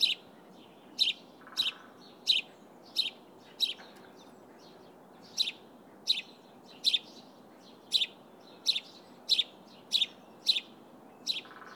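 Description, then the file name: House sparrow chirps, many short bright notes in a series with a few gaps, over low background noise. "Passer domesticus"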